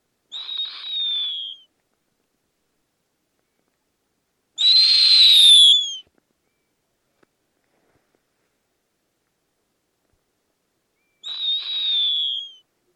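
Snowy owl screeching: three harsh, high whistled screams spaced several seconds apart, each sliding slightly downward at the end, with silence between.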